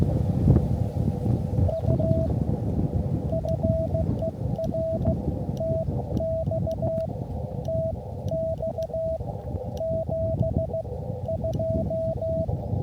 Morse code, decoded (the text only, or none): U FER TX TX 72